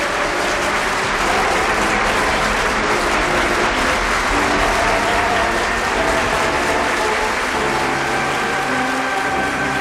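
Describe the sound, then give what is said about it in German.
A large audience applauds continuously for about ten seconds, a dense, steady wash of clapping at an even loudness, with scattered cheers and whoops rising out of the crowd, at the final scene of Bertolt Brecht's The Threepenny Opera, when Mackie Messer is freed. “Alle jubeln.”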